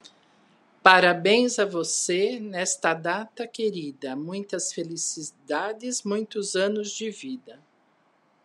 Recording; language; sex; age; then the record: short text; Brazilian Portuguese; female; 50 to 59 years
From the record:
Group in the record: control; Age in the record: 58 years